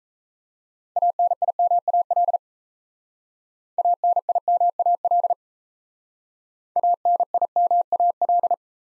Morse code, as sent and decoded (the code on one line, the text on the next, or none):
.- -. .. -- .- .-.. / .- -. .. -- .- .-.. / .- -. .. -- .- .-..
ANIMAL ANIMAL ANIMAL